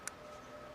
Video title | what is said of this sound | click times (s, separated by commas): Google Certification IT SUPPORT . Full Course. | up the pins correctly and push in the ram until you hear a click you | 0.1 s